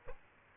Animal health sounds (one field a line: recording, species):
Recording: mosquito wingbeat signal from an infrared sensor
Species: Aedes aegypti